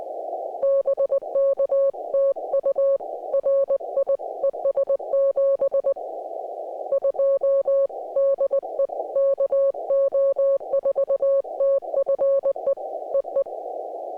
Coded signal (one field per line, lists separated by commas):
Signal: Morse code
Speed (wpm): 19 wpm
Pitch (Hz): 560 Hz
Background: music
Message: BK TU RI ES 72 DE KO4TFE EE